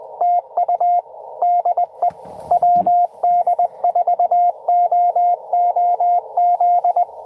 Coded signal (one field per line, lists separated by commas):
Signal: Morse code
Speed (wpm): 20 wpm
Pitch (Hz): 700 Hz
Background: radio noise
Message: TU DE WD4OOZ